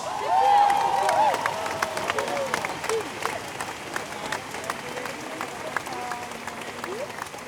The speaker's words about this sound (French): Merci de faire un tonnerre d'applaudissements s'il vous plaît